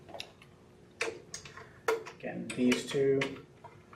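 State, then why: Not seated. A flat-bladed screwdriver is handled at a Zeus quarter-turn fastener, which is turned clockwise to lock a device onto a desk rail, while someone talks. Short, sharp taps and ticks come around 1.0, 1.3 and 1.9 s amid the talking. The fastener has not snapped locked and nothing has seated yet.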